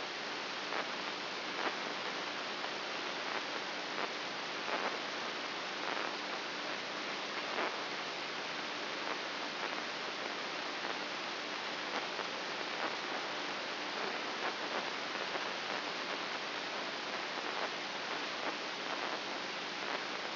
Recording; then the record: brain microelectrode recording played as sound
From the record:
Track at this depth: inside the subthalamic nucleus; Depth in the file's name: 4.04 mm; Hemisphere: right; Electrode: 2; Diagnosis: Parkinson's disease